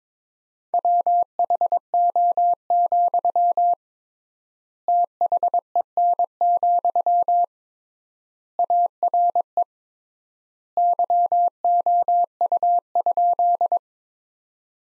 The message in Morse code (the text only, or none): WHO, THEN, ARE YOU?